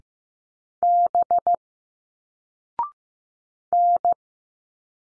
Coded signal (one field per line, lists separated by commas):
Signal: Morse code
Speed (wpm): 15 wpm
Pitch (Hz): 700 Hz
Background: none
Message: B N